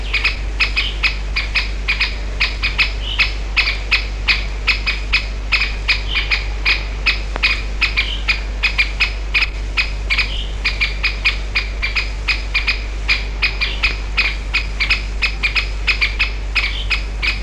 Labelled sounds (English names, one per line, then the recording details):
Great Spotted Woodpecker alarm call
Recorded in the wild
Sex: pair
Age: adult
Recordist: Meyer, Hugo